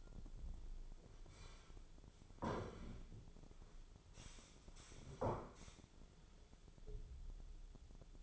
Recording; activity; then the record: daily activity, microphone in the room; sit down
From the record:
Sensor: 5